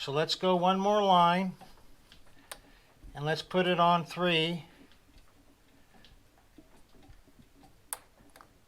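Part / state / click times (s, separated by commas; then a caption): preload adjuster knob on a rear coil-over shock / seated / 7.9 s. Someone talks as the preload adjuster knob on the rear OEM coil-over shock of a new Harley motorcycle is turned to setting three. A sharp click at 7.9 s marks the knob seating in its detent, before it is pushed back down.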